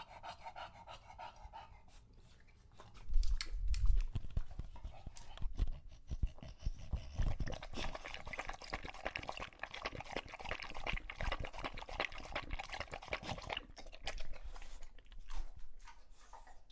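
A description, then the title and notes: An English bulldog drinks from a water bowl, starting after a quiet first three seconds with a heavy low thump and splash. From then on, rapid, irregular lapping and slurping continue steadily to the end, mixed with wet splashes and breathy panting. English Bulldog Drinks from Water Bowl. Don't let his heavy breathing fool you in between drinks, he's equally out of breath from the walk, as well as how long he tries to drink water for.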